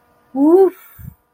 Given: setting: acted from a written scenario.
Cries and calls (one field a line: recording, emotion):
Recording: vocal sound without words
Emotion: ecstasy